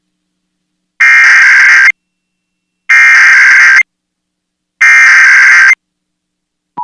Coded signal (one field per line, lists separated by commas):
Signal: Emergency Alert System (SAME) tones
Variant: header bursts